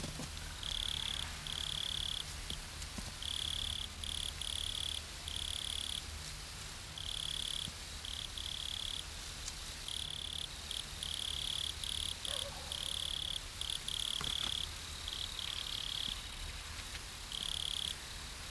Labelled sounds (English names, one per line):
Wood Cricket stridulation